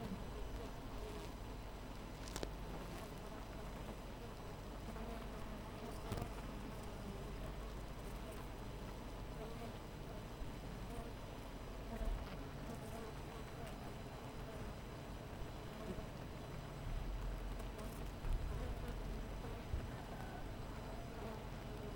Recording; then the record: honeybee colony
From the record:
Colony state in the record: missing queen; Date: 14 July 2017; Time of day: 4:37